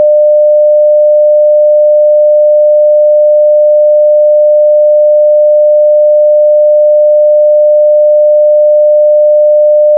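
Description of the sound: A steady, unbroken mid-pitched pure tone at 600 Hz holds constant for the full ten seconds, with no pulsing or background sound. It is a test tone for tinnitus determination, used to match the pitch of a person's tinnitus, not a bodily sound.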